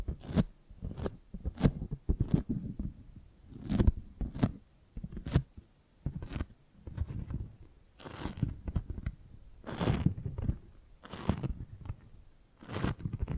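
Gripping and grabbing sounds: a series of short crunchy, rustling grabs, roughly one or two per second, each with a sharp bright edge and a low thump. Busier clusters come around four seconds and again near ten, with brief quieter gaps between.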